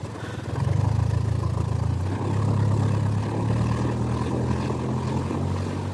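A motorboat engine drones steadily as the boat heads out to a yacht, a loud low throbbing hum with a broad wash of noise above it, its pitch rising slightly and holding through the whole stretch with no voices.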